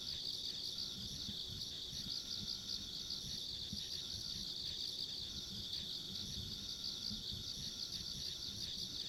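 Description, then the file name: Steady insect chorus of high trills running without pause, dense and uniform, faint rumbling background below. Ambient insect sounds along a rural country road. "田舎道の虫の環境音"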